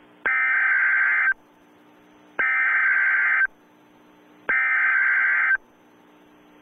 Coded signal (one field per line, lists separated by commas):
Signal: Emergency Alert System (SAME) tones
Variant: header bursts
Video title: [MOCK] EAS Civil Danger Message